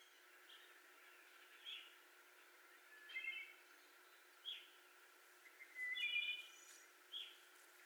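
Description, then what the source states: Wood Thrush: a few soft song phrases, two of them louder and fuller, with short single notes in between. 18 May 2021.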